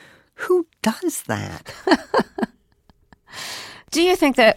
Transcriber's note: laughter